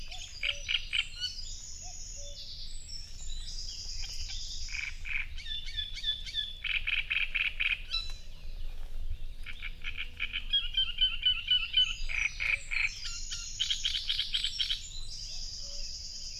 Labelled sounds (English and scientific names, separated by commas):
Great Reed Warbler (Acrocephalus arundinaceus) song